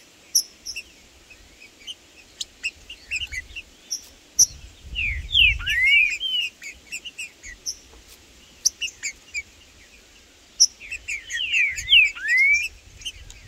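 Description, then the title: Green-winged saltator song: scattered high chips, then clusters of loud, swooping slurred whistles, over occasional low thumps. In the bush; trinca-ferro calling, singing and displaying (macheando) in a dispute with a free-living wild bird; birds named Blindado and Tufão. "Seu TRINCA Piando, Cantando E Macheando Na DISPUTA. Trinca Ferro no MATO Cantando e Macheando muito com Solto! Blindado e Tufão no mato"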